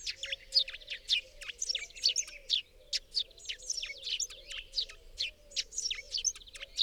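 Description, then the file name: Eurasian blue tit calls: rapid high chirps and twitters tumbling over one another without pause, with a soft low tone beneath. "Cyanistes caeruleus"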